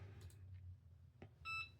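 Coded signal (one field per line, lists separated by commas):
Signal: beep code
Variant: passive buzzer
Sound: low room hum, a soft click, then one short high buzzer beep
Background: low hum, click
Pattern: 1 short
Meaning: One short beep signals that 10 litres of water have been used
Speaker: 10 litres, il va faire un bip.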